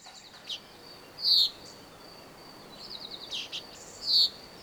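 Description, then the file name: Common chaffinch giving two clear, sharp high call notes about three seconds apart, with a thin continuous high-pitched whine and soft scratchy chirps behind. "Fringilla coelebs"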